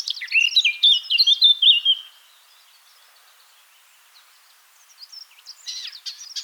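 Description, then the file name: Eurasian blackcap singing a loud, fluty, slightly descending phrase that stops suddenly, followed by a quiet pause and then soft, scratchy twittering starting again. "Sylvia atricapilla"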